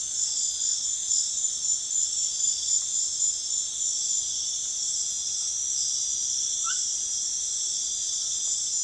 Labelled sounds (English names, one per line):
none